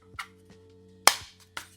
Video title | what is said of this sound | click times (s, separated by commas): Savage Raven Neo Grip vs. PlayVital Beyond - Nintendo Switch 2 Ergonomic Battle | This one actually clicks into place and it seems like it stays better. | 1.1 s